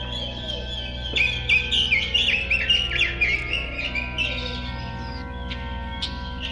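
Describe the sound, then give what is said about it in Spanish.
A flurry of bright, high-pitched bird chirps and twitters, busiest in the first few seconds and then thinning out, over a steady low background hum. “Y fue entonces, por ejemplo, cuando las palabras aire voladoras se convirtieron en bellos pájaros.”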